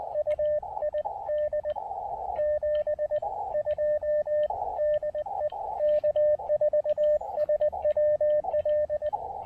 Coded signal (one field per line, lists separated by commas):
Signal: Morse code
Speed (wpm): 20 wpm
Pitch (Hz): 560 Hz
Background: radio noise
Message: UI D 72 DE K4SWL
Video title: Pairing the Elecraft KX2 and Chelegance MC-750 for a quickie QRP POTA activation!